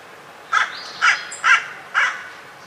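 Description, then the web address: Bird giving four harsh, hoarse caws about half a second apart over a low steady hiss. "cianscape. Deverinetal 2025. Bird Only"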